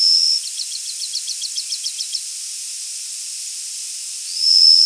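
Bachman's sparrow song: a high steady whistle, then a quick series of bright chipping notes, with another long whistle starting near the end, over constant loud hiss.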